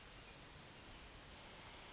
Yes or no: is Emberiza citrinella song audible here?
no